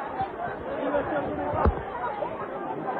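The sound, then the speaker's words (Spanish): A steady murmur of a crowd watching a procession float (paso) advance fills the whole clip, many overlapping voices blending into an indistinct babble, with a single brief thump standing out partway through. “Mientras tanto, el paso sigue avanzando ajeno a este murmullo.”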